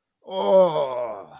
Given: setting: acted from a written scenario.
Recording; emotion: vocal sound without words; pain